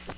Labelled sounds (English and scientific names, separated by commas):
Magnolia Warbler (Setophaga magnolia) flight call